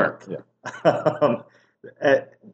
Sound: laughs